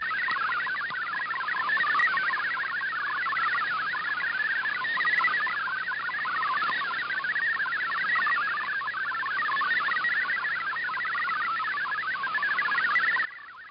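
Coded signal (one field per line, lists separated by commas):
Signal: multi-tone FSK (Olivia or MFSK type)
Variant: MFSK64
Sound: fast warbling burble of rapidly changing tones, continuous for about 13 seconds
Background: radio static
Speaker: once this mode begins you can tell the data is coming down a lot faster just by the way it sounds and you can see it's displayed faster on the screen as well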